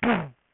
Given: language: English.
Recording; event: throat vibration sensor signal played as sound; throat clearing